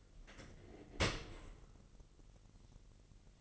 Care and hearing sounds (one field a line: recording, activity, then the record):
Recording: daily activity, microphone in the room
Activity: open dishwasher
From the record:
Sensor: 4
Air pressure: 1001.3 hPa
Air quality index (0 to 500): 250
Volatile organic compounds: 46 ppm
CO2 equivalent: 3236 ppm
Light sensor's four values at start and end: 8/18/7/6 and 8/17/6/6